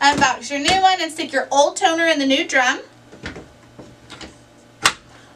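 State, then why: Seated. Someone talks while the old toner cartridge is pushed into the new drum unit of a Brother MFC 7460dw printer. A couple of small plastic knocks follow, then a sharp click at 4.9 s as the parts snap together and the cartridge seats in the drum.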